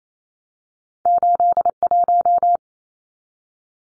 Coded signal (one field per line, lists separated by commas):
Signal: Morse code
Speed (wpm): 28 wpm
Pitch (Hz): 700 Hz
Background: none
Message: 81